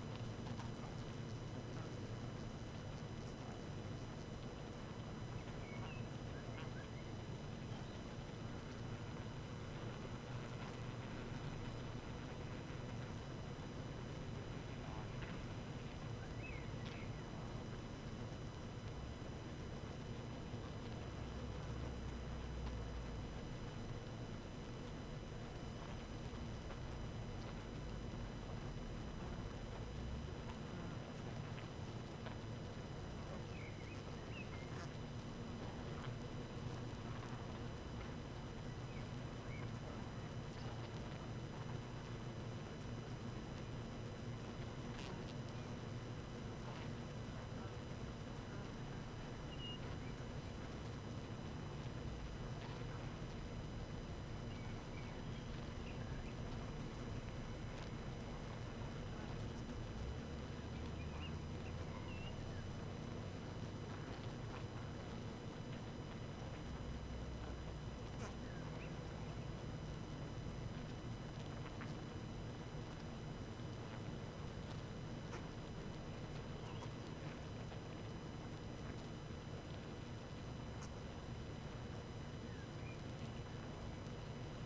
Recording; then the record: honeybee colony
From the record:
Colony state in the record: active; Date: 12 June 2018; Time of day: 19:02